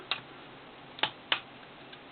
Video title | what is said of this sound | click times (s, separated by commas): KO G1 Snarl Dinobot Review Reissue | There we go. That one locked into place. | 1.3 s